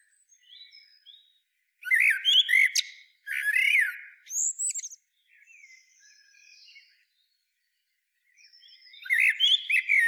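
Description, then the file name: Common blackbird: faint scattered high notes, then two loud fluted phrases with squeaky flourishes, quieter twittering, and a further phrase starting at the end. "Turdus merula"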